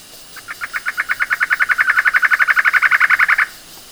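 Bird call: a steady, quick string of clipped notes, building in volume and holding for about three seconds before cutting off.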